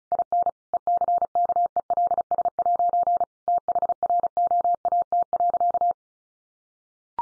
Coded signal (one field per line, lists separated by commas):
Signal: Morse code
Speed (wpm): 34 wpm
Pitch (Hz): 700 Hz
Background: none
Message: IN ECKELS' THROAT.